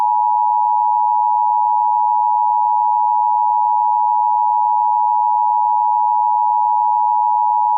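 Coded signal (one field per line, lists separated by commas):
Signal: Emergency Alert System (SAME) tones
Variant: 853 and 960 Hz attention tone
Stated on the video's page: Fictional EAS scenario made for Halloween, not a real alert.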